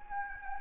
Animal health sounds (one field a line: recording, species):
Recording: mosquito wingbeat signal from an infrared sensor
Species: Anopheles gambiae